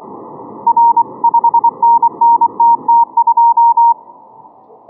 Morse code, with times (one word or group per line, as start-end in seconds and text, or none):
0.7-1.0 R
1.2-3.9 5NNTT2